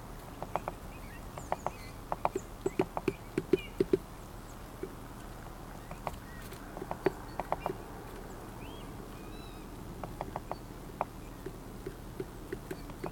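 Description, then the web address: Woodpecker knocking, loose irregular taps scattered throughout, sometimes in quick pairs, with faint thin bird chirps above and a constant low rumble. "linnut Tikkojen koputus"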